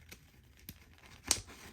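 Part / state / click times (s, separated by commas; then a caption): figure hand into wrist peg / seated / 1.3 s. The second plastic hand of a McFarlane DC Multiverse Batman Noel action figure is fitted onto the figure's wrist peg. After faint handling ticks around 0.1 s and 0.7 s, it snaps into place with a sharp, bright click at 1.3 s, and the hand is seated.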